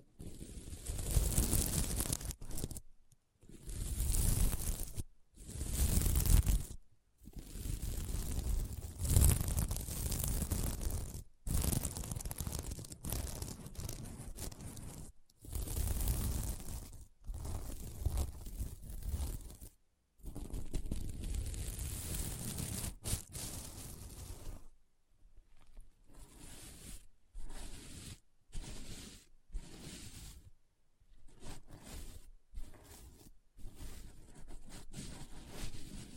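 Sequins on a mermaid pillow are scratched and brushed in repeated strokes, each a rough, rustling scrape lasting one to three seconds, separated by short silences. The strokes are dense and gritty with a bright hiss on top. After about 25 seconds they turn shorter and quicker.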